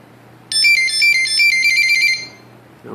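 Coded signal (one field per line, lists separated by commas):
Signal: beep code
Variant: Pixhawk flight controller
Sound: a quick rising-falling electronic chirping tune of rapid alternating beeps, about 1.7 seconds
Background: low hum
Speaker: that's the good tone so there's a difference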